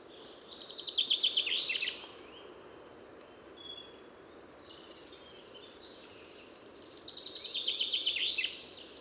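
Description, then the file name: Common chaffinch song: two rattling trill phrases about six seconds apart, with faint other bird notes between them. "Fringilla coelebs"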